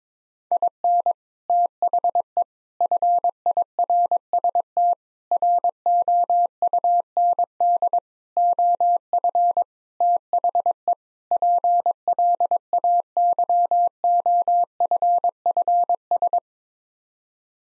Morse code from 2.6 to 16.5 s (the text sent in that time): FIRST ROUND OF THE PLAYOFFS